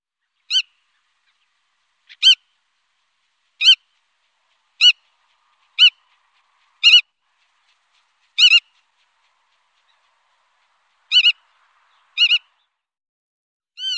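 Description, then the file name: Black-tailed godwit giving short nasal harmonic call notes, spaced irregularly about one to three seconds apart, with silence between them. "Rodspov"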